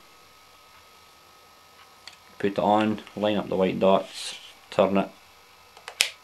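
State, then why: Seated. A detachable plastic lens hood is put onto the bayonet of a Samyang 8mm fisheye lens, its white dots lined up and the hood twisted until it locks. Someone talks, then a few small ticks lead into a sharp click at 6.0 s as the hood seats into place, a tight fit.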